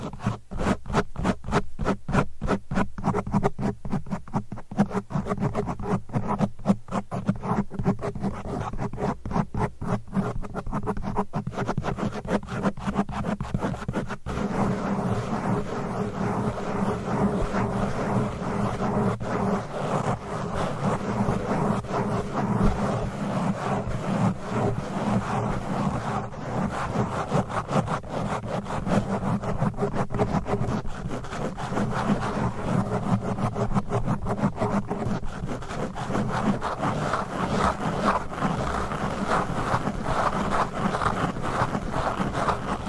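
Fast, aggressive mic scratching runs dense and continuous for the whole stretch, a rough low-mid rasp with sharp clicky bursts crowding the opening fifteen seconds.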